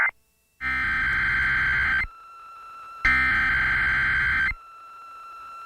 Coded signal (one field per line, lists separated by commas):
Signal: Emergency Alert System (SAME) tones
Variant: header bursts